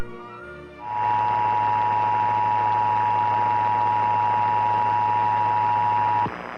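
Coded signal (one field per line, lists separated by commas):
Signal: Emergency Alert System (SAME) tones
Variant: 853 and 960 Hz attention tone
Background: music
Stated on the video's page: Pennsylvania required monthly test.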